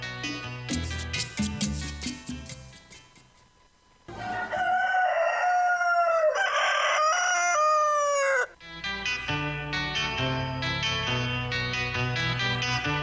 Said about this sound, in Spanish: con esta cápsula del gallo mañanero